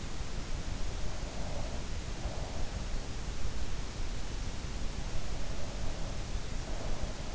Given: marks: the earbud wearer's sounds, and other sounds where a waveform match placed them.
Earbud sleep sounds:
sounds in sleep by an in-ear microphone; breath
0.82-2.82 s: breath
5.45-7.35 s: breath

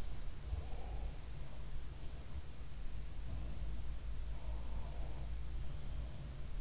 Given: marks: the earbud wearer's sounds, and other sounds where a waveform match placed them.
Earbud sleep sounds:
sounds in sleep by an in-ear microphone; breath
0.37-1.24 s: breath
4.25-6.61 s: breath

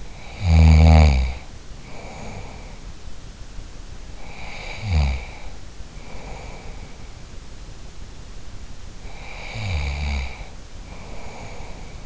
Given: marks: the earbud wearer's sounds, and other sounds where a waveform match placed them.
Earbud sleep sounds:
sounds in sleep by an in-ear microphone; snoring breath
0.00-2.93 s: snoring breath
4.18-7.22 s: snoring breath
8.99-12.06 s: snoring breath

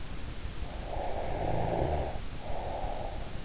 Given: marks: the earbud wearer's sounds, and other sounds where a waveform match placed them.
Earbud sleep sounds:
sounds in sleep by an in-ear microphone; snoring breath
0.41-3.41 s: snoring breath

